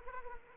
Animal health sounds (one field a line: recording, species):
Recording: mosquito wingbeat signal from an infrared sensor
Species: Anopheles arabiensis